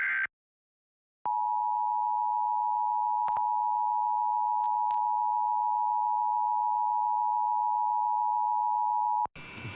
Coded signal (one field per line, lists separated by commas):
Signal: Emergency Alert System (SAME) tones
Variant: 853 and 960 Hz attention tone